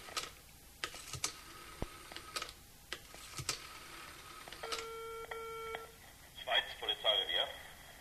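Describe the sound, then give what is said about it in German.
A few sharp clicks and taps of a telephone handset being handled, then a quick run of steady electronic dialing tones as a number is dialed for a call, followed by a burst of higher warbling ring. “Ich muss nur noch schnell ein wichtiges Telefonat führen, ja?”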